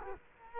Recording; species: mosquito wingbeat signal from an infrared sensor; Culex quinquefasciatus